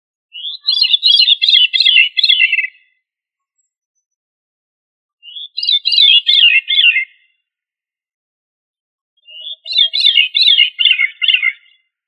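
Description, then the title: Thrush song: three bright, warbled phrases of about two seconds each, separated by pauses of two to three seconds, with no other sounds. "Familia Turdidae - Sabia"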